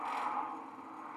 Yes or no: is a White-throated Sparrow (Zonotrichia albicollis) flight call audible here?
no